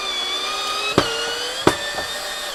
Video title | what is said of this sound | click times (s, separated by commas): TRAPANO A PERCUSSIONE TOPSHAK TS-ED1 Test distruttivo. Avvitatore 18v 48v topshak Banggood. | Ok, vediamo che la frizione non scatta e ha spanato. | 1.0 s, 1.7 s